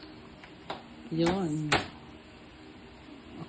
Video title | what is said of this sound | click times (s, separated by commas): How to open the light weight stroller | yon nag-click na | 0.7 s